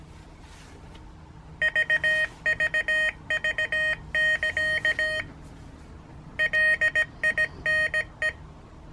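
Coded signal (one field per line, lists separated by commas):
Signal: Morse code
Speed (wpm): 17 wpm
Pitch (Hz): 1850 Hz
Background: none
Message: VVV<KA> LINE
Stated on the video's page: Morse sent with a Morserino-32 trainer, keyer and wifi transmitter.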